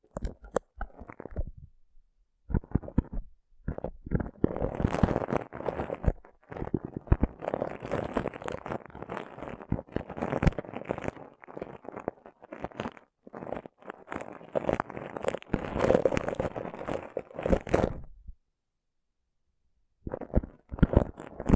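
Rough brain cleaning and picking: dense wet squelches and crunchy scraping clusters, near-continuous from about 2 to 18 seconds, with brief pauses.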